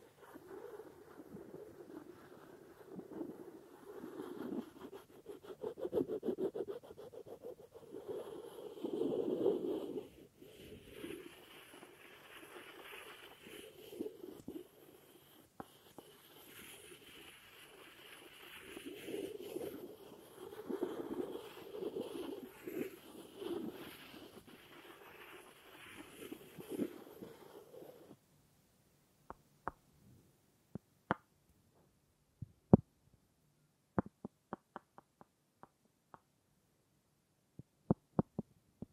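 Wooden objects are rubbed and scraped for about 28 seconds in a dense, rustling texture that swells and fades in soft, uneven bursts. Then the scraping stops, and sharp, dry wooden taps ring out sparsely, some in quick pairs, over near silence.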